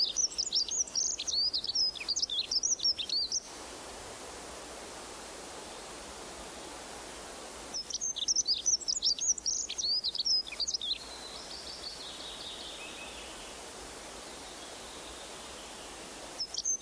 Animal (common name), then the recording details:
Dunnock. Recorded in the wild. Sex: male. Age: adult. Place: Halbinsel Kindo, Karelien, RU. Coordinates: 66.5517, 33.0875. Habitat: taiga. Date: 1996-06-21. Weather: fair, few clouds, ca. 6-8°C. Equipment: Sony WM-D6C, Sennheiser MKH 70, Windkorb, Kopie Revox C 270. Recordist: Frommolt, Karl-Heinz. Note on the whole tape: Am Mastenweg - Mast 8. Gesang. Singt in Spitze einer hohen Fichte (ca. 25 m). Tier deutlich erkannt. Entfernung min. 15 m. Am Anfang Störung (Brummen) durch Hochspannungsleitung. Forts